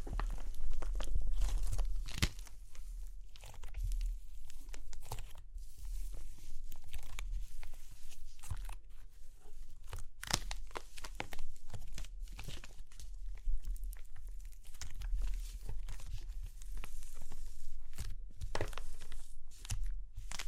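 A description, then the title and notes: Clay cracks and crunches in a dense, irregular stream of sharp snaps and crumbling textures, with brighter pops near 3, 8.5, 10.5 and 19 seconds. A steady low rumble runs underneath, and the loudness stays fairly even throughout. Super Crunchy Clay Cracking (No Talking).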